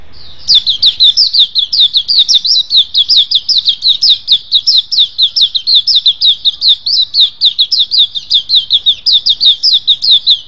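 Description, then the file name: White-eye pouring out an unbroken stream of high, sweeping chirps, several each second, for the whole ten seconds. "suara pleci"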